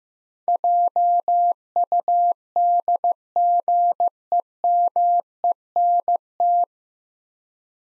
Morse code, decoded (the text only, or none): JUDGEMENT